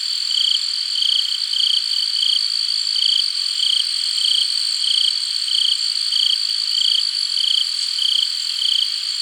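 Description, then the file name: Crickets sing in regular brief pulsed bursts over a continuous bright insect drone. "Crickets - Hard"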